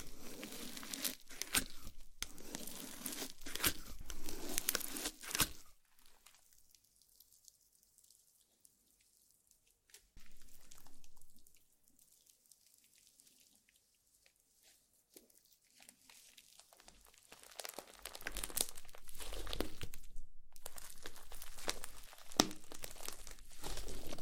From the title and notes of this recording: ASMR SLIME SATISFYING - NO TALKING.